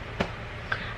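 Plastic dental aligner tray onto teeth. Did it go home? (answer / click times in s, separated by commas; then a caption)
partly / 0.2 s, 0.7 s. A clear plastic Smile Direct Club aligner tray, the first tray, is pressed onto the teeth, giving two short plastic clicks at about 0.2 s and 0.7 s. The back does not click in as well as the front, so the tray is only partly seated at the molars.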